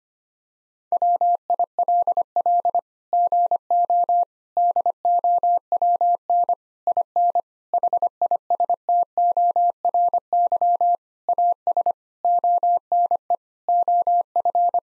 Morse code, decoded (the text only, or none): WILL GO DOWN IN HISTORY AS ONE OF